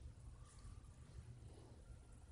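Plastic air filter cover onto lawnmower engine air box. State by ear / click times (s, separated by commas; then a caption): not seated / none. The plastic air filter cover is lined up on the air box of a Subaru EA190V lawnmower engine, ready to hook onto its two bottom tabs before clipping onto the two top clips. Only a steady low rumble and faint background noise are heard, with no knocks or hits. Nothing has seated or clicked yet.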